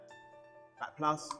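Someone handles the positive DC power cable connector from the inverter, pushing it toward the battery port on the inverter, while steady tonal background music plays and someone talks briefly near the end. Nothing has seated or clicked yet.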